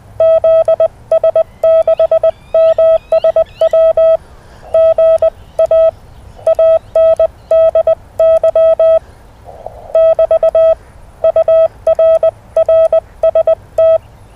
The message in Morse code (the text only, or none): ZS6MSW GA ANDY <BT> UR RST